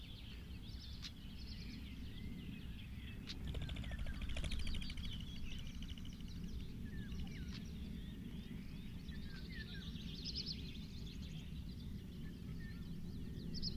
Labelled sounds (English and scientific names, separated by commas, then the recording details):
European Stonechat (Saxicola rubicola) call
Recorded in the wild
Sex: pair
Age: adult
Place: Hobrechtsfelder Rieselfelder, Naturpark Barnim, Brandenburg, DE
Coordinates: 52.6667, 13.4722
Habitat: ruderal area
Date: 2008-05-12
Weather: clear, ca. 15°C, no wind
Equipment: Sound Devices 702, Sennheiser MKH 70, Windkorb
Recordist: Frommolt, Karl-Heinz